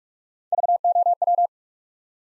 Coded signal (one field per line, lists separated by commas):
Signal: Morse code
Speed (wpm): 44 wpm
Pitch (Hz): 700 Hz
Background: none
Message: V O W